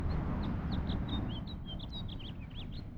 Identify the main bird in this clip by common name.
House Finch